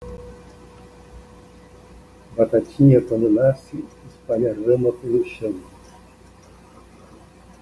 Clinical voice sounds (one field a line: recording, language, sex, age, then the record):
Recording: short text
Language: Brazilian Portuguese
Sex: male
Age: 70 to 79 years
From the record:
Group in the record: control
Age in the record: 74 years